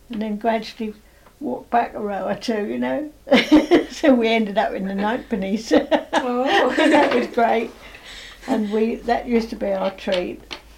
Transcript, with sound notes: And then gradually walked back a row or two you know. [laughs] So we ended up in the ninepennies!
Oh! [laughs]
That was great. And that used to be our treat.